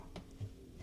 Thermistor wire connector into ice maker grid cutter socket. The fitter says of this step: Push this guy up till it clicks.